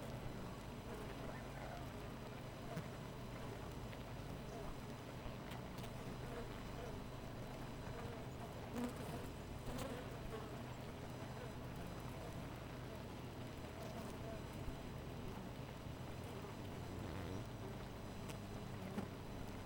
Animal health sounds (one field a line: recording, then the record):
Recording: honeybee colony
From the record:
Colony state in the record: missing queen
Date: 14 July 2017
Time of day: 4:11